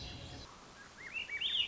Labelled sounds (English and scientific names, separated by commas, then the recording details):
Swainson's Thrush (Catharus ustulatus)
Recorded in Sonoma County, California